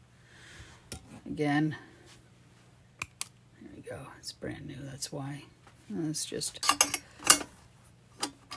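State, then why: Seated. A plastic lid with a rubber seal is pressed onto a brand-new metal canteen cup while someone talks, with short sharp taps and clinks along the way. The lid pops into place with a loud snap at 7.3 s and is seated.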